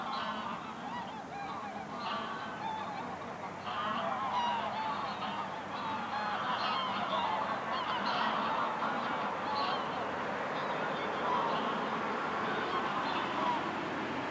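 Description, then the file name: Goose: geese calling in a large flock, quick overlapping honks at a rapid rate, the chorus swelling louder after the first few seconds. Geese resting on the ice at the Hondenhemeltje in Venhuizen. "Ganzen rusten op het ijs bij het hondenhemeltje in venhuizen - Sound Cloud - De Auditieve Dienst"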